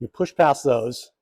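A Pearce Grip 1045+ grip extension base plate, for a 2-round expansion, is being pushed down against a hard surface such as a table onto a polymer pistol magazine body, past the two locking tabs on the sides of the magazine. Only someone talking is heard. Nothing has seated or clicked yet.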